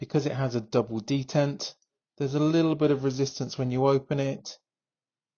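A Civivi Appalachian Drifter folding pocket knife, with a stainless steel blade and a micarta handle, is handled with its blade being opened against the double detent while someone talks. There are two stretches of speech with a pause near 2 seconds, and no distinct click stands out. Nothing has seated or clicked yet, and the blade has not locked open.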